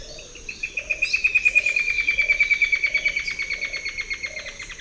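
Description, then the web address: Straight-billed woodcreeper song: a long, fast trill of clear whistled notes, swelling then slowly falling in pitch, with a dove's soft low cooing repeated in the background. Two song types; eastern lowlands of South America. "Natures Songs S America Eastern Lowlands Dendroplex picus, 2 song types"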